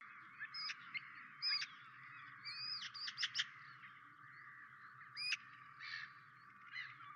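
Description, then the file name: Eurasian magpie giving harsh, scratchy notes and short rattling bursts at irregular intervals. "Pica pica"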